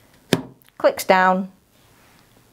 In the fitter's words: just to show you the difference with a large one same process clicks